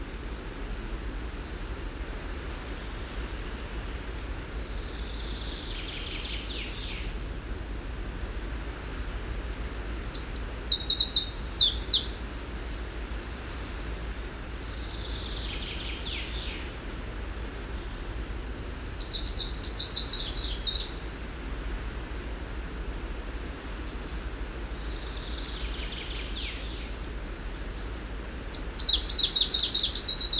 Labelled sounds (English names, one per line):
Greenish Warbler song